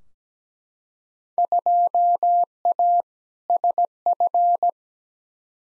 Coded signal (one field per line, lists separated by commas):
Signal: Morse code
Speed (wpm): 17 wpm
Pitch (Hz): 700 Hz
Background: none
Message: 2A SF